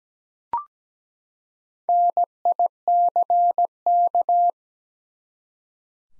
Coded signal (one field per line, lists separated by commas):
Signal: Morse code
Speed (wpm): 17 wpm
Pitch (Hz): 700 Hz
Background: none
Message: NICK